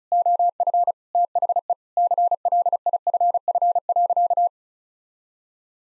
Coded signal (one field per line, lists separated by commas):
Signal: Morse code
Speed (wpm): 34 wpm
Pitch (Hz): 700 Hz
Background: none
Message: OF THE CLIFF.